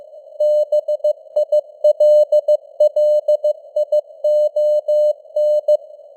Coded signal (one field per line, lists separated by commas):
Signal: Morse code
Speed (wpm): 15 wpm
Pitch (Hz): 600 Hz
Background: none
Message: BILLION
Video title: Morse Code News | 2025-11-07 | 15wpm